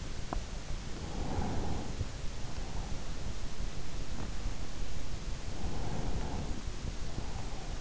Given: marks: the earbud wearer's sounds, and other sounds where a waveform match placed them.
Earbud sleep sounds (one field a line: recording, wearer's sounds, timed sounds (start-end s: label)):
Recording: sounds in sleep by an in-ear microphone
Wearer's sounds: teeth grinding, breath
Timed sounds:
0.14-0.83 s: teeth grinding
0.83-2.60 s: breath
5.40-7.81 s: breath